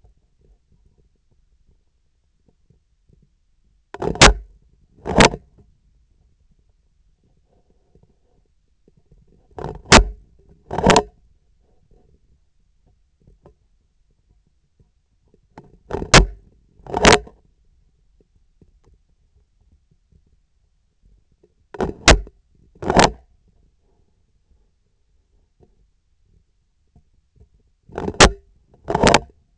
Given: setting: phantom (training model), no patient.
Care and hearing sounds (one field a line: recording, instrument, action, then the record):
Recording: laparoscopic instrument, vibration sensor on the handle end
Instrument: scissors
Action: opening and closing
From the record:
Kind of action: tool actuation without material contact